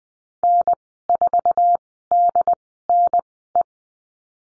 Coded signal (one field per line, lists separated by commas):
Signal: Morse code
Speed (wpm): 20 wpm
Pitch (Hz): 700 Hz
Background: none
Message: N4DNE